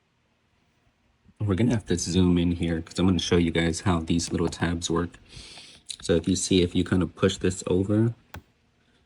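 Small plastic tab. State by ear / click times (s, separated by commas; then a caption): seated / 8.3 s. On a BMW B58 engine in an M440i, during an IRL front-mount intake installation, a small plastic retaining tab on the intake (airbox) housing halves is pushed sideways and let go while someone talks. A single sharp, short click sounds at 8.4 s as the tab snaps back into place.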